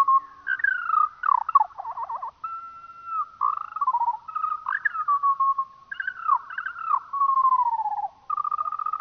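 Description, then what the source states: Eurasian skylark song, slowed down: a continuous run of warbling, trilled and sliding phrases, with short rapid buzzy trills between longer held notes. Played slowed down.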